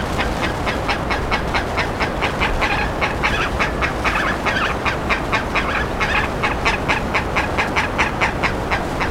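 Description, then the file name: Bird calls, a fast run of short harsh notes, steady throughout, over a constant low rumble. "SABIOD 50 bird 2015"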